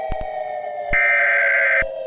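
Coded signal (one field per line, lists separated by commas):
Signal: Emergency Alert System (SAME) tones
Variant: header bursts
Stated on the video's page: Fictional EAS scenario with custom display font.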